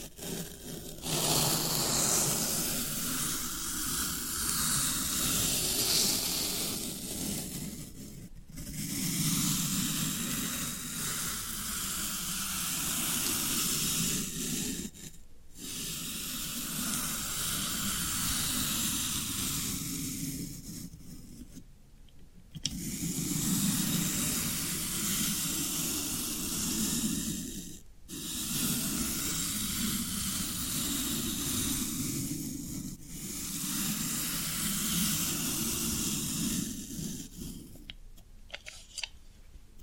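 Floral foam being worked makes a dense, steady crackling hiss, gritty and full across low and bright registers. It runs in long stretches of about five to seven seconds, broken by brief pauses near 8, 15, 22, 28, 33 and 38 seconds.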